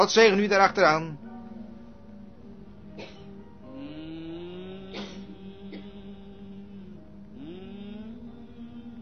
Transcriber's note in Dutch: Broeder Branham neuriet het lied – Vert